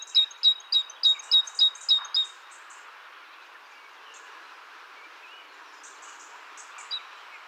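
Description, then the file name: Great tit calls, a rapid series of about eight sharp, ringing high notes repeated roughly every quarter second, then fainter calls from other birds in the background. "Parus major"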